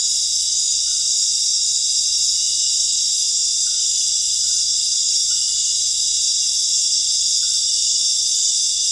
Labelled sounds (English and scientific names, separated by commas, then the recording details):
none
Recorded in dense forest near Puerto Asís, Putumayo, Colombia, on 19 March 2025 at 19:00
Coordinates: 0.484, -76.317
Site G064